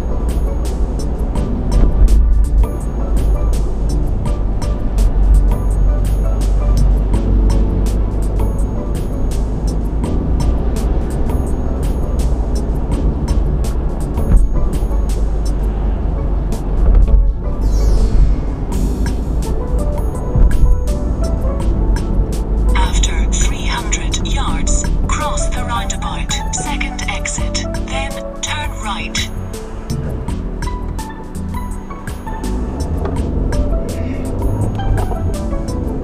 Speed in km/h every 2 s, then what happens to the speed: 40, 40, 35, 35, 39, 39, 40, 34, 35, 40, 44, 34, 18, 0, 0, 0, 6, 24.
0-12 steady at about 39. 12-15 slows to 34. 15-20 speeds up to 44. 20-26 brakes to 0. 26-31 standing. 31-36 pulls away to 24.